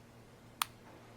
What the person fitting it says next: there you go nice little click and it's on there